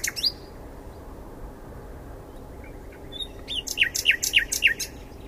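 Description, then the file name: Common nightingale song: a couple of loud notes at the start, a pause with a few faint scattered notes, then a series of loud repeated notes toward the end. "Luscinia megarhynchos"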